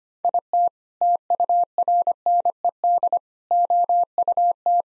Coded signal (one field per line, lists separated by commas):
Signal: Morse code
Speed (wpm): 25 wpm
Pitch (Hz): 700 Hz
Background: none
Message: IT TURNED OUT